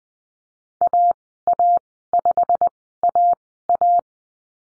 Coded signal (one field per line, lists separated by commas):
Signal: Morse code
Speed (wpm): 20 wpm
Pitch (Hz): 700 Hz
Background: none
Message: AA5AA